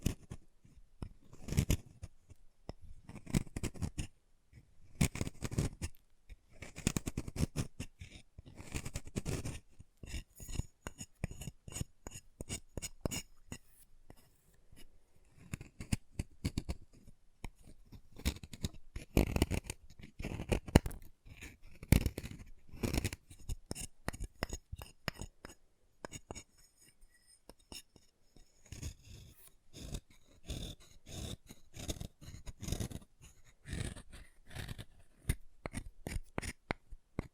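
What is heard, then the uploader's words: Chalk being carved and cut: a dense, irregular run of sharp clicks, scrapes and small snaps that continues for the whole recording, with brief quiet gaps between bursts. The sounds are crisp and bright. ASMR Chalk Carving and Cutting Sounds (No Talking).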